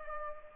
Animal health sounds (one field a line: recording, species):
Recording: mosquito wingbeat signal from an infrared sensor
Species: Culex pipiens